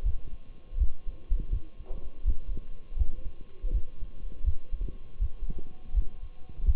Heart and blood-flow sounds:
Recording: heart sounds by stethoscope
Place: between the tricuspid and mitral areas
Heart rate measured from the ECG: 82 bpm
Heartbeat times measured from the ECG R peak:
0.05 s: heartbeat
0.79 s: heartbeat
1.52 s: heartbeat
2.26 s: heartbeat
2.98 s: heartbeat
3.73 s: heartbeat
4.45 s: heartbeat
5.21 s: heartbeat
5.95 s: heartbeat
6.66 s: heartbeat
From the record:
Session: Bruce protocol treadmill stress test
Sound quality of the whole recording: partially saturated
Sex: male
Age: 23 years

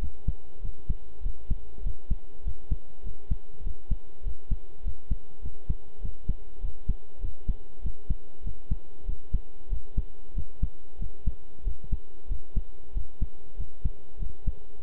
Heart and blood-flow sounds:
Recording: heart sounds by stethoscope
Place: between the tricuspid and mitral areas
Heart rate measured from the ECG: 97 bpm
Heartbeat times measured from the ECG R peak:
0.60 s: heartbeat
1.21 s: heartbeat
1.82 s: heartbeat
2.42 s: heartbeat
3.02 s: heartbeat
3.62 s: heartbeat
4.22 s: heartbeat
4.82 s: heartbeat
5.41 s: heartbeat
6.00 s: heartbeat
6.60 s: heartbeat
7.20 s: heartbeat
7.81 s: heartbeat
8.42 s: heartbeat
9.04 s: heartbeat
9.68 s: heartbeat
10.33 s: heartbeat
10.97 s: heartbeat
11.62 s: heartbeat
12.27 s: heartbeat
12.92 s: heartbeat
13.55 s: heartbeat
14.18 s: heartbeat
14.79 s: heartbeat
From the record:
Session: pedaling a stationary bicycle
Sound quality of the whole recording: good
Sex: male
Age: 23 years

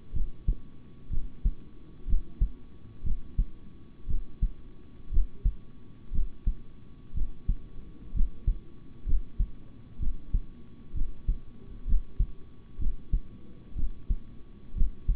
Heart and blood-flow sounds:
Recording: heart sounds by stethoscope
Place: between the tricuspid and mitral areas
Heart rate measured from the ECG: 62 bpm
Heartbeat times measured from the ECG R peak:
0.13 s: heartbeat
1.10 s: heartbeat
2.06 s: heartbeat
3.03 s: heartbeat
4.07 s: heartbeat
5.11 s: heartbeat
6.11 s: heartbeat
7.13 s: heartbeat
8.13 s: heartbeat
9.05 s: heartbeat
9.99 s: heartbeat
10.94 s: heartbeat
11.86 s: heartbeat
12.78 s: heartbeat
13.75 s: heartbeat
14.74 s: heartbeat
From the record:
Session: rest, sitting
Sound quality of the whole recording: good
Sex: male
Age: 26 years

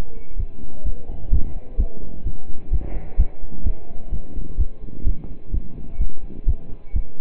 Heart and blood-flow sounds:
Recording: heart sounds by stethoscope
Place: between the tricuspid and mitral areas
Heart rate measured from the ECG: 128 bpm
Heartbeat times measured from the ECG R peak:
0.39 s: heartbeat
0.85 s: heartbeat
1.32 s: heartbeat
1.79 s: heartbeat
2.26 s: heartbeat
2.72 s: heartbeat
3.19 s: heartbeat
3.66 s: heartbeat
4.12 s: heartbeat
4.59 s: heartbeat
5.06 s: heartbeat
5.53 s: heartbeat
6.00 s: heartbeat
6.47 s: heartbeat
6.95 s: heartbeat
From the record:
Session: pedaling a stationary bicycle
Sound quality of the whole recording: partially saturated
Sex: male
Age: 27 years

